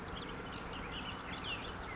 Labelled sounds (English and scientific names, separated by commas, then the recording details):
Bullock's Oriole (Icterus bullockii)
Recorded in Sonoma County, California